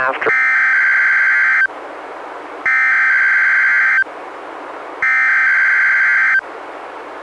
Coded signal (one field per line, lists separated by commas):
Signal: Emergency Alert System (SAME) tones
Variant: header bursts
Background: speech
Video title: EAS #209-214: 6 NWR Required Weekly Tests- Nov. 15-Dec. 20, 2017